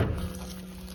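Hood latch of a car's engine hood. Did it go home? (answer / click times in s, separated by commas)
no / none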